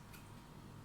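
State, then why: Not seated. The plastic lid of a Panasonic MX-AC400 mixer grinder's chutney jar is handled as it is closed and pressed down toward latching. Only faint handling noise is heard over a steady low hum, with a soft brief brighter rustle near 0.1 s. The lid has not clicked shut or seated yet.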